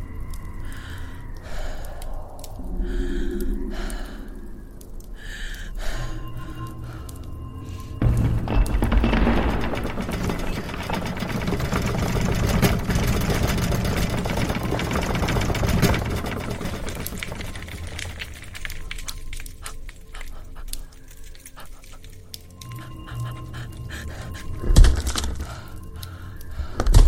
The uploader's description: hiding in old church/monster outside